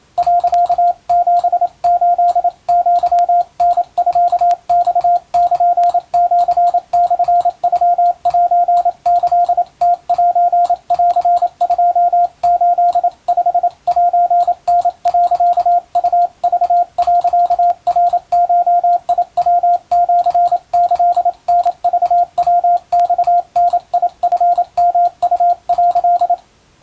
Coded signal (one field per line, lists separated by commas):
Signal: Morse code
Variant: Japanese Wabun code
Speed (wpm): 27 wpm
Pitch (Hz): 700 Hz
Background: radio noise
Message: 、78アタミマルシモノセキムセン285セタ、ウク、ナゴヤシキタクヤマダチヨウ」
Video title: 今では聴けないモールス無線通信！トンとツーで文字を表すモールス符号を利用した昔の通信手段。今でも遠洋漁業無線では使用中。YouTubeの再生速度を設定して聞こう morse code practice